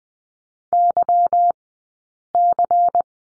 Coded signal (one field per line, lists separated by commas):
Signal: Morse code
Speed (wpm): 20 wpm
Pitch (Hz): 700 Hz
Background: none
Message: YC